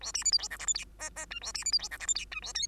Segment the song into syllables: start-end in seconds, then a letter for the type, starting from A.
0.01-0.12 A, 0.14-0.24 B, 0.24-0.32 C, 0.32-0.38 D, 0.38-0.48 E, 0.50-0.58 F, 0.59-0.66 G, 0.67-0.74 H, 0.75-0.85 I, 0.99-1.10 J, 1.16-1.26 J, 1.30-1.40 K, 1.41-1.53 A, 1.54-1.64 B, 1.65-1.72 C, 1.72-1.78 D, 1.79-1.88 E, 1.91-1.98 F, 1.99-2.07 G, 2.07-2.14 H, 2.15-2.25 I, 2.31-2.40 K, 2.42-2.53 A, 2.54-2.67 L